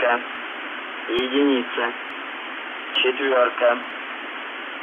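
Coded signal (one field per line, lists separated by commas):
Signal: numbers station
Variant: UVB-76 voice message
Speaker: šī dīvainā ziņa kas saturēja tikai cilvēku vārdus un ciparus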